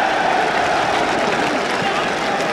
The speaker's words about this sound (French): On estime à plus de 2 millions de personnes la foule qui est venue rendre un dernier hommage à la dépouille de l'illustre savant. À toutes les fenêtres claquent des milliers de drapeaux américains et français. Écoutez la rumeur de la foule.